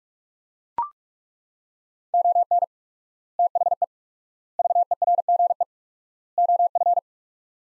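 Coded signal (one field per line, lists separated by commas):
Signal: Morse code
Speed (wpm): 41 wpm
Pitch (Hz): 700 Hz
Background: none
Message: ON THE VERGE OF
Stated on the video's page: Morse practice at 45 wpm sending sets of four words with 4x word spacing, a Farnsworth-like method.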